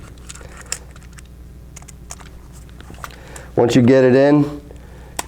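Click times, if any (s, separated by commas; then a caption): 5.2 s. An add-on auxiliary contact block is pushed back into the side slot of an Allen Bradley IEC motor contactor while someone talks, with small taps and crinkles along the way. Its black plastic tab snaps in with a sharp click at 5.2 s, seating the block so it can't come out.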